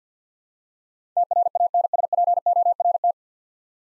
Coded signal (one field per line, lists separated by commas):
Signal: Morse code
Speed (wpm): 50 wpm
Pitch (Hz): 700 Hz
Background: none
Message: TRANSPORT